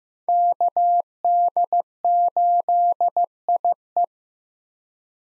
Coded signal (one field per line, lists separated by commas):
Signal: Morse code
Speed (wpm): 15 wpm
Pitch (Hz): 700 Hz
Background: none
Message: KD8IE